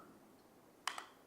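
A Midland BT Mini Bluetooth intercom unit is pulled out of its adhesive helmet mount after the release tab is pulled. A sharp snap is heard at 0.9 s as it comes free, followed by a smaller click at 1.0 s. The unit is released from the mount, and it took real effort to get it off.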